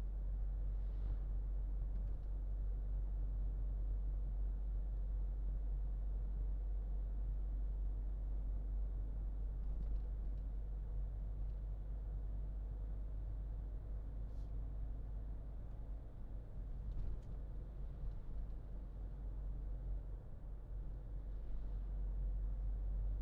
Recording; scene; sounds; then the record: everyday scene through a hearing-aid microphone; in a vehicle; engine, highway driving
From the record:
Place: Berlingo II, diesel engine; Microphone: in the ear canal, left